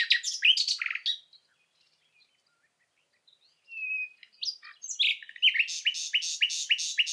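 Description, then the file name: Common nightingale song: a burst of rich chirps and trills, a pause with a thin pure whistle, then a fast run of repeated sharp notes. "Luscinia megarhynchos"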